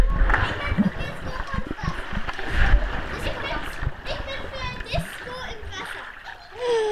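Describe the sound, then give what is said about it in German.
A cannonball jump into a swimming pool: water splashes and churns in a noisy burst around the heavy plunge, with children's excited voices and chatter mixed throughout the splashing. “Wir haben ja eigentlich gerade mal versucht, euch was vorzuspielen, und zwar, wie man eine richtige Arschbombe ins Wasser macht und wie sich das Unterwasser für die Fische anhört.”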